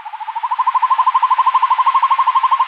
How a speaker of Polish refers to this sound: Pierwszy raz byliśmy w Kaleniu, w parku przypałacowym. Puszczyk długo nie kazał czekać na siebie i później jeszcze odprowadzał pochukiwaniem.